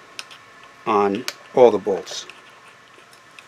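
A torque wrench set to 5 Nm tightens the bicycle handlebar stem clamp bolts, which sit in a metal clamp. The wrench gives a sharp click at 0.2 s as it reaches its setting, and then someone talks. A faint tick follows near the end of the clip.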